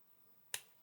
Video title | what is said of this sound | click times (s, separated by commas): DIY WATCH CLUB - Start to Finish as a first time builder! | Just pop it up. That comes off. | 0.5 s